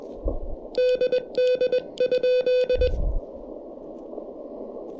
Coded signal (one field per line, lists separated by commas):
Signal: Morse code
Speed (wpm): 21 wpm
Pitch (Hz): 500 Hz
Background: none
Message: DD?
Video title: Testing the Tufteln KH1 Adapter: Tabletop QRP DX in the Clouds!